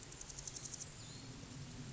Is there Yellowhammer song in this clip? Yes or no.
no